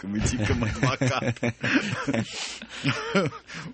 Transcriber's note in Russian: Смеется